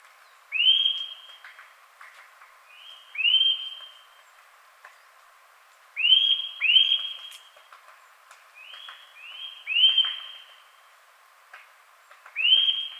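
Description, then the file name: Eurasian nuthatch giving clear upslurred whistles, often doubled or tripled in quick succession, with pauses of one to two seconds between bursts. "Sitta europaea"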